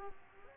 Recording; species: mosquito wingbeat signal from an infrared sensor; Aedes aegypti